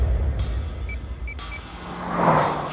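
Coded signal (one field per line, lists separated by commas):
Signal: none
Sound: a car's lock beeps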